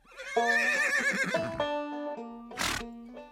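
A Prussian cuirassier's cavalry horse gives a loud, quavering whinny that rises and wavers before settling into a steadier tone, followed by a short burst of breathy snorting and a trailing nicker.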